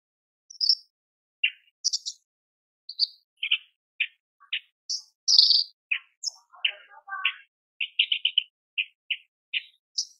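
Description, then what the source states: Horsfield's bush lark song of quick high chirps, brief trills and jumbled twittering notes, spaced irregularly. Masteran for training cage birds; a very active, vigorous singer.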